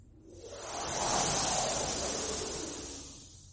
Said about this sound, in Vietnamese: Một cơn gió thổi qua khiến cả Lý lẫn Tiên đều phải rùng mình.